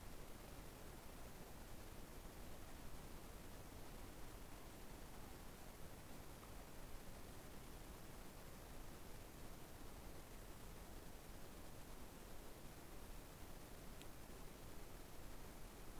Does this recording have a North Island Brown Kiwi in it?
no